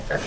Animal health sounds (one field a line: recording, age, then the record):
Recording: pig call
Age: piglet (1 to 25 days)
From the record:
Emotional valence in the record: positive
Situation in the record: reunion after long isolation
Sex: male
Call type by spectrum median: low-frequency call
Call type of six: low-frequency tonal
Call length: 0.27 s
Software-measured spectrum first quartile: 382 Hz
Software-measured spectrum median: 830 Hz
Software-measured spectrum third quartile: 2013 Hz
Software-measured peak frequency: 543 Hz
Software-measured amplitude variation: 161 dB a second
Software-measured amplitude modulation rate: 22.6 a second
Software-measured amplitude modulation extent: 7.1 dB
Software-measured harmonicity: 1.4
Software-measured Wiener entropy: -1.40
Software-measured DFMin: 810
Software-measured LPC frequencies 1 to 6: 584, 1644, 2647, 4884, 6121, 7591 Hz